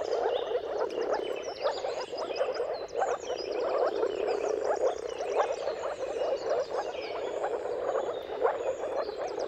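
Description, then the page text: Dense moor frog chorus, low bubbling calls running on without gaps, with birds singing trilled, repeated phrases higher up. Mating chorus of moor frogs at sunrise, at the turn of March and April depending on the weather; dawn chorus. "Dawn’s Chorus: Mating Calls of Marsh Frogs at Sunrise. Depending on the weather at the turn of March and April, you can witness an amazing spectacle of moor frogs. Jakub-Orzecki moor frogs"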